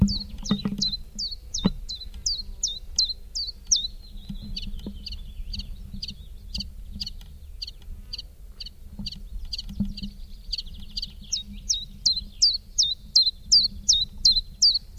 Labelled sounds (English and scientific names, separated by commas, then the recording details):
Common Chiffchaff (Phylloscopus collybita) song
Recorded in the wild
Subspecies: collybita
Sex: male
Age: adult
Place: Ramsau, Bayern, DE
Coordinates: 47.6097, 12.8567
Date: 1964-05-31
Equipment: LGS26
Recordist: Faber, A. and Stumbrat
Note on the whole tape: Hintersee, am Haus Jordan. Auf diesem Band auch Aufnahmen am 03. Juni um 6 Uhr.Gewöhnliche Gesänge. Beide Aufnahmen vom gleichen Vogel. Son130/coll.24